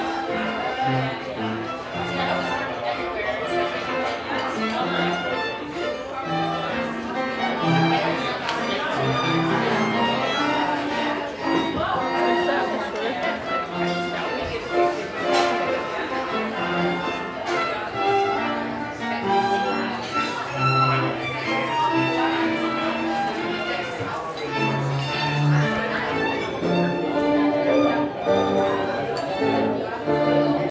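A busy traditional Viennese coffeehouse in the afternoon, with a steady dense murmur of overlapping voices and occasional clinks throughout.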